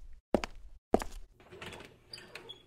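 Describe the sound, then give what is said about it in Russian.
Two heavy, thudding footsteps behind a door land about half a second apart, followed by the door leaf swinging open with a drawn-out, scratchy creak and faint rattling. “За дверью послышались шаги. Скрипнула створка.”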